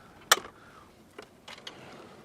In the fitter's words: so you should have heard that click then hopefully and that should be completely locked out but it's not